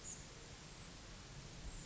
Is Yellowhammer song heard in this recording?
no